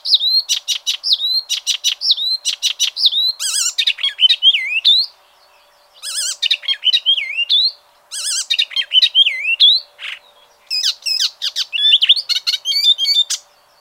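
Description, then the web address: Bird singing wavering, whistled phrases broken by sharp clicks, with short pauses between bursts of rapid notes. "ornitologiya slovar Ptichki"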